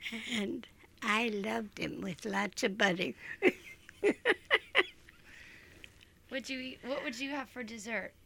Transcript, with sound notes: And I loved them with lots of butter. [Laughs]
What'd you eat--? What would you have for dessert?